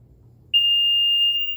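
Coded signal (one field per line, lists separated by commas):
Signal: alarm pattern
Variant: infant apnea monitor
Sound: brief quiet hum, then one continuous high-pitched beep that runs past the end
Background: faint low hum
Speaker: and now I'm going to simulate a sibling alarm.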